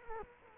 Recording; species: mosquito wingbeat signal from an infrared sensor; Culex quinquefasciatus